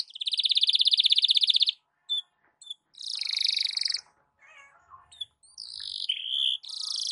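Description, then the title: Canary with a loud rapid trill, followed by broken short phrases, a softer buzzy trill, and scattered whistled fragments with pauses between them. Canary song in the morning, played to warm up Belgian canaries and suited as masteran (song tutoring for other birds). "Canto Para Esquentar Canário Belga. SUARA BURUNG KENARI DI PAGI HARI COCOK BUAT MASTERAN"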